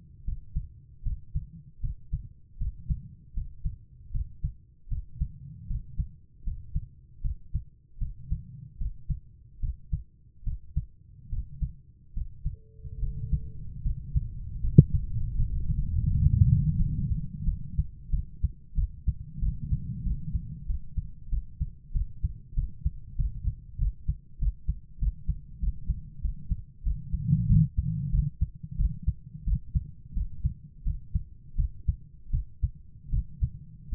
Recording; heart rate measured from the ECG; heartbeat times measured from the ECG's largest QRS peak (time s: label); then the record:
heart sounds by stethoscope; 84 bpm
0.24 s: heartbeat
1.02 s: heartbeat
1.80 s: heartbeat
2.57 s: heartbeat
3.33 s: heartbeat
4.11 s: heartbeat
4.88 s: heartbeat
5.66 s: heartbeat
6.43 s: heartbeat
7.21 s: heartbeat
7.97 s: heartbeat
8.77 s: heartbeat
9.59 s: heartbeat
10.43 s: heartbeat
11.29 s: heartbeat
12.13 s: heartbeat
12.99 s: heartbeat
13.82 s: heartbeat
14.60 s: heartbeat
15.35 s: heartbeat
16.07 s: heartbeat
16.76 s: heartbeat
17.44 s: heartbeat
18.09 s: heartbeat
18.74 s: heartbeat
19.39 s: heartbeat
20.02 s: heartbeat
20.66 s: heartbeat
21.29 s: heartbeat
21.91 s: heartbeat
22.54 s: heartbeat
23.15 s: heartbeat
23.78 s: heartbeat
24.38 s: heartbeat
24.99 s: heartbeat
25.59 s: heartbeat
26.21 s: heartbeat
26.83 s: heartbeat
27.46 s: heartbeat
28.10 s: heartbeat
28.76 s: heartbeat
29.44 s: heartbeat
30.13 s: heartbeat
30.83 s: heartbeat
31.55 s: heartbeat
32.30 s: heartbeat
33.09 s: heartbeat
33.89 s: heartbeat
From the record:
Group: healthy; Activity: rest 0-18 s, cold pressor test 18-34 s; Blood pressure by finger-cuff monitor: 113/78 mmHg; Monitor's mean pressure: 90 mmHg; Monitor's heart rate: 81 bpm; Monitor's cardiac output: 6 L/min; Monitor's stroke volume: 73 mL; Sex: female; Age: 32 years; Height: 172 cm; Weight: 71.7 kg